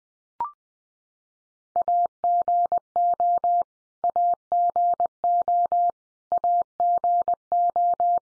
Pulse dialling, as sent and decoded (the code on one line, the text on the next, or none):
none